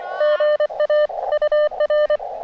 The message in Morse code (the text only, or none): GA UR